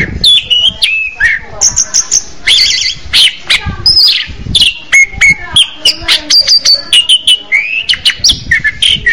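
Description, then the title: Orange-headed thrush song, a fast, varied stream of whistles, trills and sharp high chirps, phrases changing every second or so, with faint low rumbles behind. "Anis Merah"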